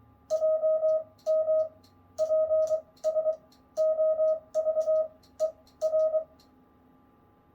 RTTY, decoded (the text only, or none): none